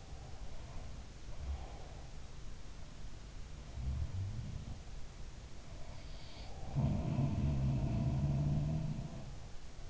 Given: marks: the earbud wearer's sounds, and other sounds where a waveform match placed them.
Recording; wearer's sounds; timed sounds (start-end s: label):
sounds in sleep by an in-ear microphone; breath
0.00-2.10 s: breath
3.55-4.93 s: sound from someone else or the room
6.62-9.57 s: sound from someone else or the room